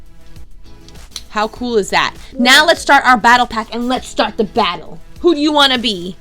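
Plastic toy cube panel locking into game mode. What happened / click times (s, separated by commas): A plastic toy panel snapped into place / 1.2 s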